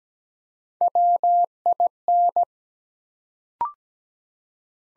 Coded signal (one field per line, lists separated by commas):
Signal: Morse code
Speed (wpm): 17 wpm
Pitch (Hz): 700 Hz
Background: none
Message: WIN